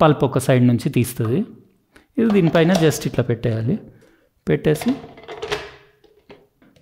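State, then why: Seated. A slow juicer's top piece is placed onto the base and turned into place while someone talks, followed by a few light handling knocks. It locks onto the base with a sharp click at 6.3 s.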